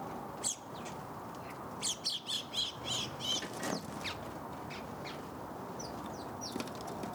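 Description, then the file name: House sparrow chirps: a burst of sharp, high cheeping notes in the first half, then scattered faint chirps over steady background noise. "Passer domesticus"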